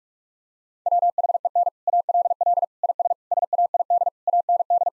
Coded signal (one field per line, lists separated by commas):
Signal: Morse code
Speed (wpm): 43 wpm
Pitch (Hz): 700 Hz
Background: none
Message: WHEN ALL IS SAID AND